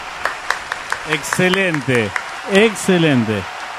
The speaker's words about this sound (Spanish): Un aplauso, genial, che.